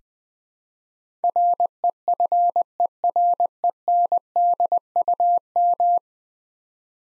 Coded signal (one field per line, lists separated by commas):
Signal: Morse code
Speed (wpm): 21 wpm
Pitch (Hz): 700 Hz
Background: none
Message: REFERENDUM